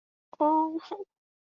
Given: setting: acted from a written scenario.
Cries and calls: vocal sound without words; pain

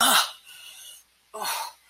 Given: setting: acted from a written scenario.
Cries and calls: vocal sound without words; pain

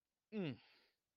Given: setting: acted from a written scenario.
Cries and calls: vocal sound without words; anger

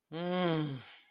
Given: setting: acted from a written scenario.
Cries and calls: vocal sound without words; relief

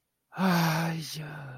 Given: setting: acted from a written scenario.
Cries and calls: vocal sound without words; distress

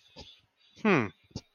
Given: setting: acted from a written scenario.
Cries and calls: vocal sound without words; confusion

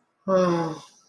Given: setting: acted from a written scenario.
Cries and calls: vocal sound without words; sadness

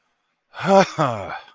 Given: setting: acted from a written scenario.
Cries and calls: vocal sound without words; relief

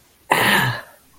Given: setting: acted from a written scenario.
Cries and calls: vocal sound without words; pain

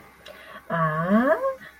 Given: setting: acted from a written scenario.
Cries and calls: vocal sound without words; confusion

